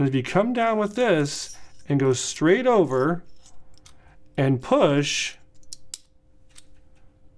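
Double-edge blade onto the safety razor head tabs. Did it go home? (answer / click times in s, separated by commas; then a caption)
yes / 5.9 s. A thin steel double-edge blade is lined up with the tabs on the head of a Rex Konsul or Sentry safety razor, then the top plate is brought straight down and pushed until the blade seats fully. Someone talks throughout, with faint small ticks before a sharp little click at 5.9 s as the blade pushes all the way through and seats.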